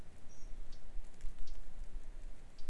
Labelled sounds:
Eurasian Blackcap
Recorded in Germany
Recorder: ecoPi

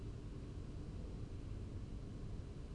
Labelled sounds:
none
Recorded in Germany
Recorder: ecoPi

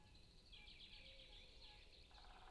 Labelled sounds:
Common Chaffinch
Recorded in Germany
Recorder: ecoPi

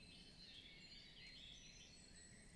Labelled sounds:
Great Tit
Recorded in Germany
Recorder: ecoPi

